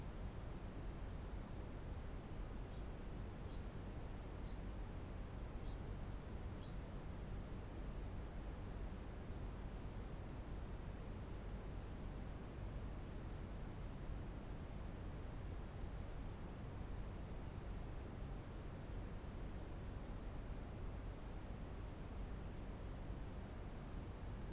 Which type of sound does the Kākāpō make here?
ching call